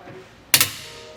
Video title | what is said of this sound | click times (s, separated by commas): etrailer - Mount: Yakima SkyBox NX 16 Rooftop Cargo Box on a 2023 Jeep Gladiator | you're here there clicking into place letting you know it's tight and all the way | 0.5 s